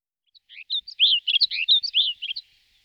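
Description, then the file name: Snow bunting song: one short, clear warbled phrase of quick tinkling notes rising in volume and ending in a few soft chirps, in otherwise quiet surroundings. Recorded in 2004. "roche 2004 schneeammer"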